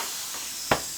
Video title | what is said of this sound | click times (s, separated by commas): Setting Up Poseidon’s BUDGET 700c Gravel Wheels | you should hear some popping that's actually a good sign that's the sound of the bead actually popping it onto the bead seat | 0.7 s